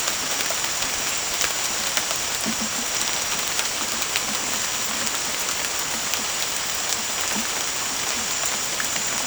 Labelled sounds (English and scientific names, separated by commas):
none